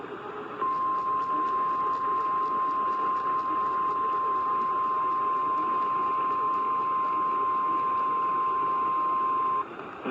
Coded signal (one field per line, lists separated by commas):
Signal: Emergency Alert System (SAME) tones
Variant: 1050 Hz attention tone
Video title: OHX’S ALL NIGHTER SHENANIGANS - EAS Alerts From 5/9/24 (EAS #1687-1690)